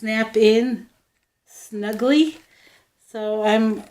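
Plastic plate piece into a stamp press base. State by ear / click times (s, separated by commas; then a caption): not seated / none. A removable plastic plate piece is pushed into the base of a Friskars craft stamp press, but it does not snap in snugly and will not stay in place, possibly because it arrived broken. Someone talks throughout, with only faint, quiet plastic handling ticks around 1.2 seconds during a pause. Nothing has seated or clicked yet.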